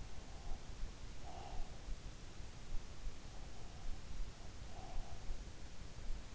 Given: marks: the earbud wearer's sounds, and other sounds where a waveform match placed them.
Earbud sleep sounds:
sounds in sleep by an in-ear microphone; breath
0.19-1.81 s: breath

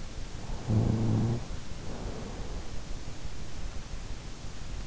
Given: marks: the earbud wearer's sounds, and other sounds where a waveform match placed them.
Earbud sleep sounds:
sounds in sleep by an in-ear microphone; snoring breath
0.29-2.83 s: snoring breath

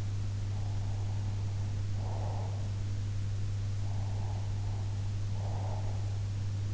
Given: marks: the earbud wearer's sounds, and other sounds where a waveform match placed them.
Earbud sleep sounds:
sounds in sleep by an in-ear microphone; breath
0.54-2.69 s: breath
3.81-6.14 s: breath

